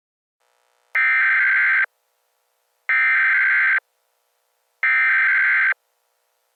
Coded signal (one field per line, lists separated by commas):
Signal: Emergency Alert System (SAME) tones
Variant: header bursts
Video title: EAS Scenario: Sentient Appliances